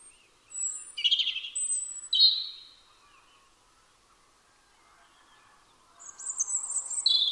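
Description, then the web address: European robin song: a phrase of high, sweet, warbling notes with quick thin whistles, a pause of about three seconds, then another phrase begins. "Deverinetal 2025 File origin Bird Only Er Ru"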